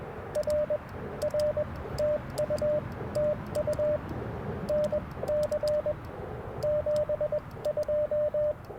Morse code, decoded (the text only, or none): R R TU TU NC 72